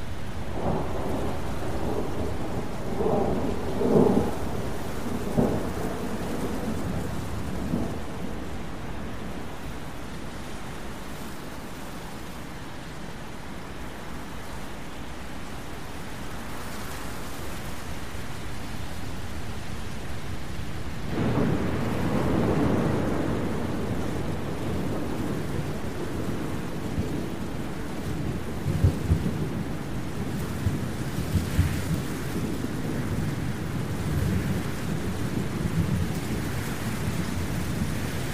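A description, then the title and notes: A thunderstorm rumbles low, with rolling thunder through the first few seconds that fades to a quieter hiss of rain around the middle. Near twenty-one seconds a fresh crack of thunder breaks in, and heavy rumbling continues to the end over steady rain. Thunderstorm Sounds.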